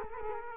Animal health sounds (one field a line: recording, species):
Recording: mosquito wingbeat signal from an infrared sensor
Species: Culex quinquefasciatus